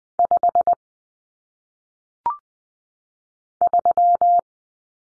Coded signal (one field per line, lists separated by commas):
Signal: Morse code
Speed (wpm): 20 wpm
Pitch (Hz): 700 Hz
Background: none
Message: 5 3